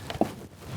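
On a VW Golf 6, the interior door opener is clicked back onto the plastic door trim panel. Two short, sharp clicks sound at 0.1 s and 0.2 s, the second one louder, followed by quiet. The opener is seated back in place.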